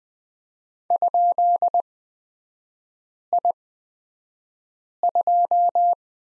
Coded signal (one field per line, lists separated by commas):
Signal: Morse code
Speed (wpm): 20 wpm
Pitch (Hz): 700 Hz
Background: none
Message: ?I2